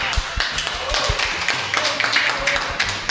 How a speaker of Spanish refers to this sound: Un aplauso.